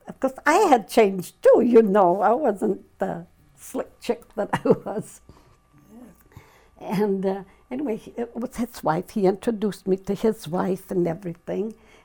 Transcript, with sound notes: Because I had changed, too, you know. I wasn't the slick chick that I [laughs] Anyway, his wife — he introduced me to his wife, and everything.